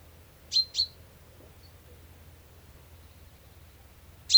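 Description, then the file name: Common chaffinch: a crisp double high call note, then silence, and the start of another at the very end; quiet low hum beneath. "Fringilla coelebs"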